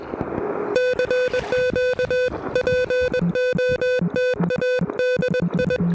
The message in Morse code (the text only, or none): CQ POTA DI